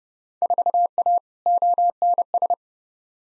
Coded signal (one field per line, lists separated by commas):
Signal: Morse code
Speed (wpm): 30 wpm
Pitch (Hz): 700 Hz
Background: none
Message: 4A ONS